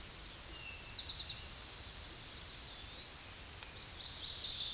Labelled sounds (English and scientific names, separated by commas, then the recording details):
Eastern Towhee (Pipilo erythrophthalmus) song
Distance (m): 35 m
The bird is about 5 m below the microphone
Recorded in a Pennsylvania forest on 16 May 2024 at 09:49
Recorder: AudioMoth, point MSD-2007
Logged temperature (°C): 16.1 °C
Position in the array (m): 2 m, 44 m